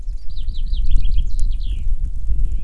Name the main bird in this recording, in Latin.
Fringilla coelebs